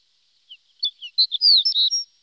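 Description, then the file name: Horned lark song, a brief high phrase of soft chips building into a quick, sweet, tinkling warble with slurred rising and falling notes. "shore lark"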